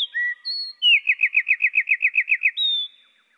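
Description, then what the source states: Eurasian wren song, lowered in pitch: a few separate whistled notes, then a rapid trill of many repeated notes, ending on a higher drawn-out whistle. Pitched down one octave.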